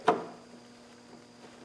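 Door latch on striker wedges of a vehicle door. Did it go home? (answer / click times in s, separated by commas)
partly / 0.1 s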